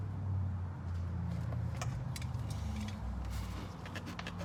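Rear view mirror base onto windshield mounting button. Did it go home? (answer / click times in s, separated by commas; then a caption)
no / none. The clipped base of a rear view mirror is pushed and wiggled back down onto its windshield-mounted button, over a steady low hum. Brief sharp ticks sound at about 1.8, 2.2, 4.0, 4.2 and 4.3 seconds. The mirror clip has not clicked into place on the mount yet.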